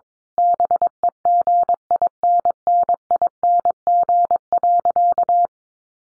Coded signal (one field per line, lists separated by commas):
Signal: Morse code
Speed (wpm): 22 wpm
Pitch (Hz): 700 Hz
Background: none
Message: BEGINNING.